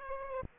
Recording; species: mosquito wingbeat signal from an infrared sensor; Aedes aegypti